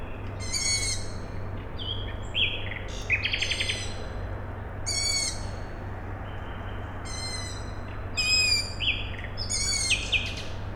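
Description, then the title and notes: Owl: repeated harsh begging calls from owl chicks, alternating with pulsed and whistled phrases of another bird, against a continuous low-pitched industrial drone. Owl chicks calling at night, Tuesday 21 May 2019, Siemianowice Śląskie, Poland; nightingale also singing; industrial plant audible in background; recorded with Zoom H5 and Audio-Technica BP4025. "Maciejkowicka , 41-103 Siemianowice Śląskie, Polska - Owl chicks and a nightingale. Wtorek, 21 maja 2019. Noc. Nawoływanie piskląt sowy. Słowik. Kombinat w tle. Nagrania terenowe Siemianowic Śląskich - Dźwiękowy Portret Miasta"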